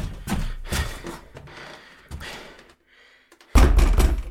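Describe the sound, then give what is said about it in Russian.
Dull thumps on a bathroom door: a few moderate knocks spaced irregularly, a brief lull, then one much heavier, louder thud followed by a rough, sustained rumble. “Я быстро подбежал к двери ванной”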